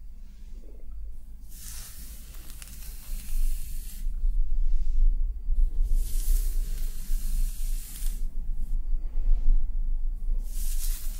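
Hair being washed and a scalp massaged: soft, bright rushing swishes come in repeated waves about every two seconds, each lasting a second or so. Beneath them runs a constant low rumble with damp squishing, growing a little louder after the first few seconds.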